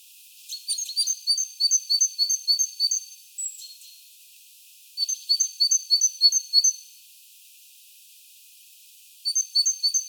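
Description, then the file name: Great tit giving rapid runs of high sharp notes, several bursts of several chirps separated by quiet gaps, plus a short squeaky note. "Parus major"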